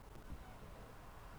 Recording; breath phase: one breath near a microphone; inhalation